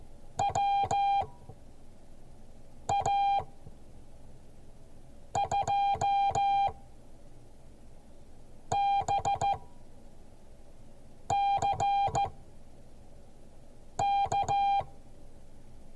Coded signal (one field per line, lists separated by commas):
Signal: Morse code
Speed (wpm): 14 wpm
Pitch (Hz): 800 Hz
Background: none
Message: WA2BCK